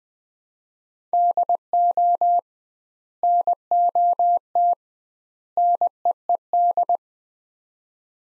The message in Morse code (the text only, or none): DO NOT NEED